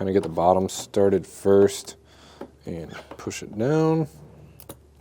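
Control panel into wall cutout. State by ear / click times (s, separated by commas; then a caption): not seated / none. Someone talks while a plastic control panel for a Lippert Ground Control 3.0 Electric Leveling Kit on a 2022 Forest River Cherokee Wolf is handled, started at the bottom and pushed into the wall cutout. A faint, brief handling tick is heard near 4.6 s. Nothing has seated or snapped into place yet.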